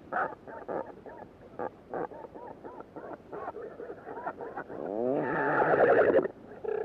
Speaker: This is the sound of the Royal Northern Albatross.